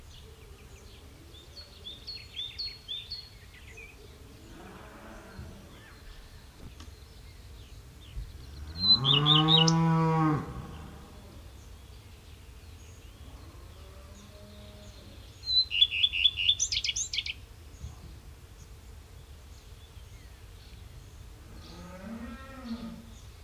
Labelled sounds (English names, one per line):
Common Redstart song